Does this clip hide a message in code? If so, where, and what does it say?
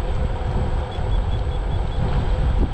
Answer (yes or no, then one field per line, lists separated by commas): no